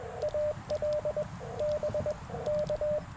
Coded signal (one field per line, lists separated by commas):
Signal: Morse code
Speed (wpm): 21 wpm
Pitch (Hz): 600 Hz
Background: radio noise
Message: AL BK